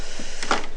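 On a W124 engine being reassembled after a smoke-test search for intake leaks, an intake hose fitting is pressed back into its engine connection. Two short sharp clicks sound at 0.4 and 0.5 seconds, the second louder, and the fitting is fully seated.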